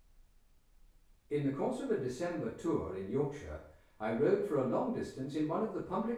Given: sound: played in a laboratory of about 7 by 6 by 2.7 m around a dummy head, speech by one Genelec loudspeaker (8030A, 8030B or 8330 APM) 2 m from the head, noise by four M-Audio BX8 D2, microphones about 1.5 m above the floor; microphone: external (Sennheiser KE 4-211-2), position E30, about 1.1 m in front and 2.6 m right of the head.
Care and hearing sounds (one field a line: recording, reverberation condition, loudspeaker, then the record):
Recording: male speech in English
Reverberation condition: medium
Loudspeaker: 120 degrees to the right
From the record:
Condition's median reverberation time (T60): about 510 ms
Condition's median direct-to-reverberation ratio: about -0.5 dB